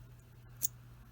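A metal screwdriver bit is pushed into a magnetic driver handle and snaps home with one sharp, bright click at 0.6 seconds. The bit is seated. A steady low hum runs underneath.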